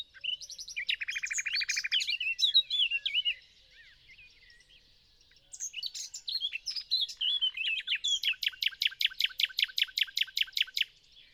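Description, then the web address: Common nightingale song: a buzzy low trill, then varied whistled phrases, a pause, and a fast repeated series of sharp notes at the end. "SETE data Luscinia megarhynchos"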